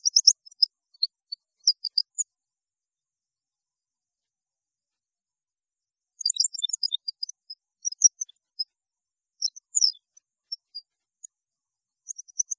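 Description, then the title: European goldfinch song in scattered high twittering bursts, a short run of tinkling notes at the start and a longer, looser series later, with silent gaps between. "Chant Chardonneret"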